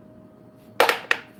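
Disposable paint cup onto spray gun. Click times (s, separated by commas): 0.8 s, 1.1 s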